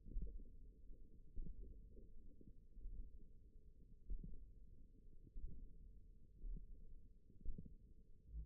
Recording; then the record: forearm muscle sounds (acoustic myography)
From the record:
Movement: index flexion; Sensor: system 1, eight BSWA MPA416 microphones around the upper forearm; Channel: 1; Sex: female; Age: 20 years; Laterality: right